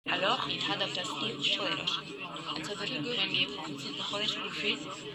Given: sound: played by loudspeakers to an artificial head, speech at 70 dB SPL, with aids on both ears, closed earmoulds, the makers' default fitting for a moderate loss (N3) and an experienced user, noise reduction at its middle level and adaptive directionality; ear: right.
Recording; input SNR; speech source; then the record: speech test signal (ISTS) in cocktail-party noise; -3 dB; on the right (90 degrees)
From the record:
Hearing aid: class 1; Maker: C